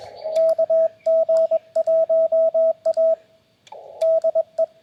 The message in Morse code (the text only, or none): KG1A DE